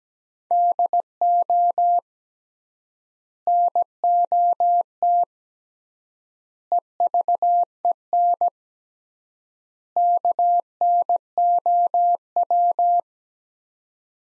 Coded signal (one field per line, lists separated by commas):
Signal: Morse code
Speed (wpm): 17 wpm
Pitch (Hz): 700 Hz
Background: none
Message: DO NOT EVEN KNOW